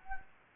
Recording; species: mosquito wingbeat signal from an infrared sensor; Anopheles gambiae